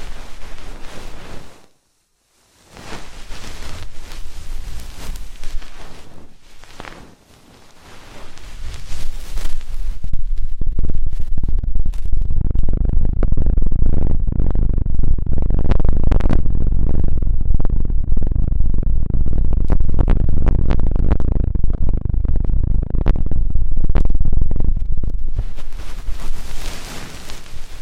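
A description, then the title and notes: Intense ear cleaning sounds: crinkly, hissing rubs open the clip, broken by a brief silence near two seconds and a dip around seven. From eight seconds on, dense, deep scratching and rubbing dominates, peppered with quick clicks, before bright hiss returns near the end. ASMR INTENSE Deep Ear Cleaning (No Talking).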